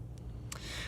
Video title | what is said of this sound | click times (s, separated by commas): Ultimate Beyblade Burst Collection Review Pt.7! | which if i twist hard enough it will lock in like so | 0.5 s